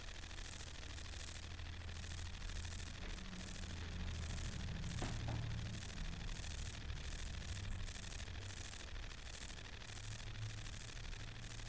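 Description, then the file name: Long-winged conehead song: continuous high-pitched, finely pulsed buzzing with a low rumble underneath and a brief tap near the middle. "Conocephalus discolor"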